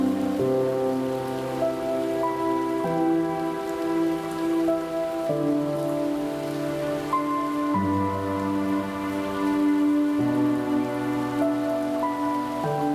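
Gentle rain forms a soft, steady patter beneath slow, sustained chords of calm music. The chords change smoothly about every two or three seconds over deep held bass notes, and the level stays even throughout with no sudden sounds.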